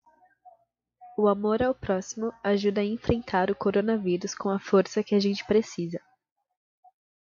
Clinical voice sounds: spoken sentence; Brazilian Portuguese; female; 20 to 29 years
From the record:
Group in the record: control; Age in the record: 25 years

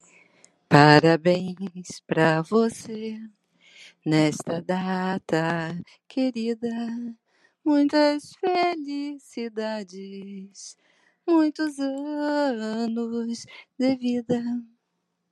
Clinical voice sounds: short text; Brazilian Portuguese; female; 50 to 59 years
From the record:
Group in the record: control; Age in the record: 58 years

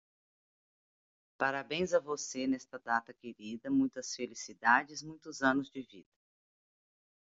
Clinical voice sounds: short text; Brazilian Portuguese; female; 40 to 49 years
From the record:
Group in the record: control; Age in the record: 48 years

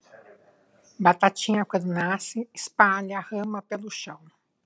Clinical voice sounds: short text; Brazilian Portuguese; female; 40 to 49 years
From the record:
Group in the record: control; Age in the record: 49 years

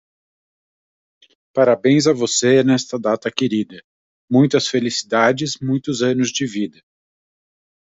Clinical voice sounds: short text; Brazilian Portuguese; male; 40 to 49 years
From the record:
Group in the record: control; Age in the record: 47 years

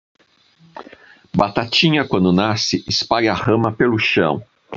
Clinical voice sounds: short text; Brazilian Portuguese; male; 50 to 59 years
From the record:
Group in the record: control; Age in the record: 50 years

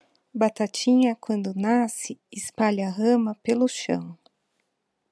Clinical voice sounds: short text; Brazilian Portuguese; female; 40 to 49 years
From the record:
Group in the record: control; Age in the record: 40 years

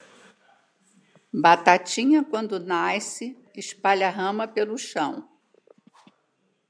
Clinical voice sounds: short text; Brazilian Portuguese; female; 70 to 79 years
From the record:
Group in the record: control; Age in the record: 77 years

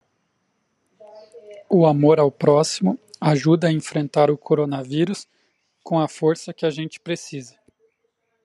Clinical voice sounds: spoken sentence; Brazilian Portuguese; male; 30 to 39 years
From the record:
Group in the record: control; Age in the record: 36 years

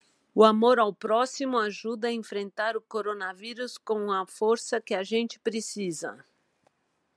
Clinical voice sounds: spoken sentence; Brazilian Portuguese; female; 50 to 59 years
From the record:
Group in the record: control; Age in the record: 59 years

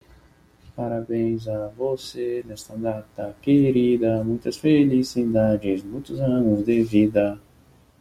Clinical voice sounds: short text; Brazilian Portuguese; male; 20 to 29 years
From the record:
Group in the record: control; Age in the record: 25 years

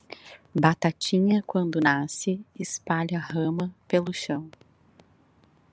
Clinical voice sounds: short text; Brazilian Portuguese; female; 40 to 49 years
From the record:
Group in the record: control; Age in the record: 40 years

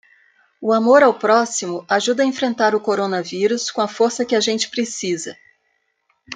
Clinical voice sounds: spoken sentence; Brazilian Portuguese; female; 60 to 69 years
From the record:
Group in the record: control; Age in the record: 60 years

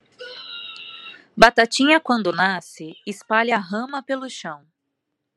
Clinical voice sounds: short text; Brazilian Portuguese; female; 30 to 39 years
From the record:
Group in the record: control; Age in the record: 36 years

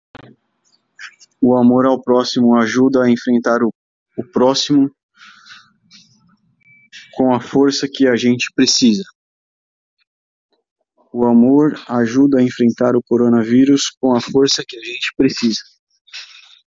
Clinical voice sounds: spoken sentence; Brazilian Portuguese; male; 30 to 39 years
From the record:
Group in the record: control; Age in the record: 38 years

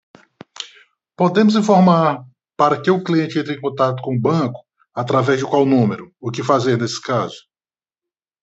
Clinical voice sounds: short text; Brazilian Portuguese; male; 50 to 59 years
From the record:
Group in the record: control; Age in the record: 55 years

